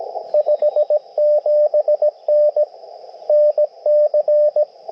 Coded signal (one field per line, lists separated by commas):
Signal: Morse code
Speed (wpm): 20 wpm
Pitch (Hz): 600 Hz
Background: radio noise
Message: 57N NC